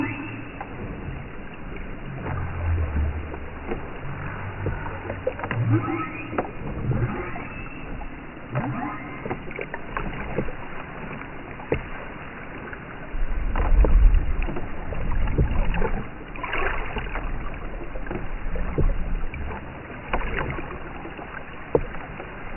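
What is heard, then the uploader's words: Underwater whale sounds with low moans and groans rising and falling below a steady watery hiss, strongest near the start and around 14 to 17 seconds. Short clicks and brief bright chirps scatter throughout, and the sound is muffled, with nothing high or crisp. Majestic Whales: A Symphony of the Deep. From hauntingly beautiful moans to rhythmic clicks, witness the diverse language of whales that spans the depths of the ocean. Whale songs.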